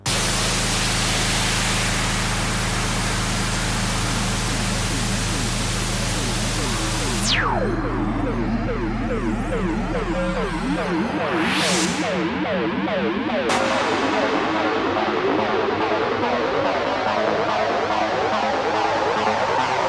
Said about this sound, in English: Test number 3, wideband test, 20 and 50 hertz plus white noise.